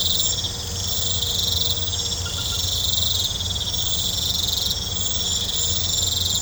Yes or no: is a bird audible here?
no